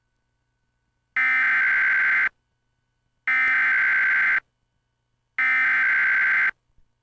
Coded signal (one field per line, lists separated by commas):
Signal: Emergency Alert System (SAME) tones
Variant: header bursts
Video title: EAS - Storms in H Town